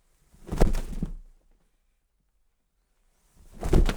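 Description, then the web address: Bird wings flapping: two bursts of soft, broad whooshing beats, the first lasting about a second, then a pause before a second flurry. "en soundpool sounds natur-tiere voegel"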